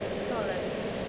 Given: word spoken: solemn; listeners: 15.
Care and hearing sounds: one English word in noise, from a listening test; speech-shaped noise; -5.0 dB; 0 of 15; 9 of 15; 0.68 s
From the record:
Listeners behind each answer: 9, 1, 1, 1, 1, 1, 1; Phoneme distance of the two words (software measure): 27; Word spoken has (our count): 2 syllables, 5 phonemes, stress on syllable 1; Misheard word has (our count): 2 syllables, 4 phonemes, stress on syllable 1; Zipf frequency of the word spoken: 3.24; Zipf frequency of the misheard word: 3.56

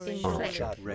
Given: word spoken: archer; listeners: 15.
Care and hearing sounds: one English word in noise, from a listening test; four-talker babble; 0.9 dB; 5 of 15; 6 of 15; 0.55 s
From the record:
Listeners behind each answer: 6, 5, 1, 1, 1, 1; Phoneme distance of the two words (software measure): 7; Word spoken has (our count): 2 syllables, 3 phonemes, stress on syllable 1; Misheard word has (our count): 1 syllable, 2 phonemes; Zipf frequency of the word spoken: 3.47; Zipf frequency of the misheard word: 3.88

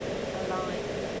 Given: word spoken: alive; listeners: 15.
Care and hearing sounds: one English word in noise, from a listening test; speech-shaped noise; -5.7 dB; 4 of 15; 6 of 15; 0.80 s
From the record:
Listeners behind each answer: 6, 4, 1, 1, 1, 1, 1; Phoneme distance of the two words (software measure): 10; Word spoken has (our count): 2 syllables, 4 phonemes, stress on syllable 2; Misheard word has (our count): 2 syllables, 4 phonemes, stress on syllable 2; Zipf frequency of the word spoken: 4.82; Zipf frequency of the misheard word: 2.86

